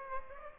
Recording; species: mosquito wingbeat signal from an infrared sensor; Aedes aegypti